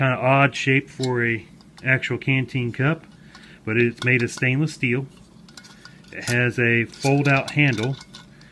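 Someone talks while handling a stainless steel canteen cup with a fold-out wire handle, with a few brief metallic ticks around 5.5 to 5.9 s. The clip ends before the handle locks into its open position, so nothing has seated or clicked yet.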